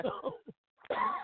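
An adult man coughs, though he is not smoking weed.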